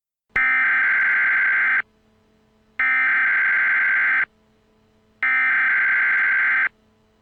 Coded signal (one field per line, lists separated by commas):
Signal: Emergency Alert System (SAME) tones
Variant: header bursts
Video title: AndrewSilverman's Old Channel Invasion (2020) (EAS Scenario)